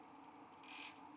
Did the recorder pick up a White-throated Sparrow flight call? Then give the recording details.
no. No flight call is heard. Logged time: 02:56 on 5 December 2014